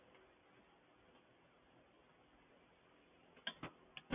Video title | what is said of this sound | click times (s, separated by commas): GCV 160 Rebuild 1 | once it clicks like that you do not need to go anymore | 3.5 s